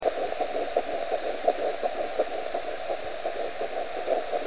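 A steady, regular adult heartbeat at about 85 beats a minute, each beat heard as a paired muffled thump over a constant background hiss and hum. The rhythm stays even throughout.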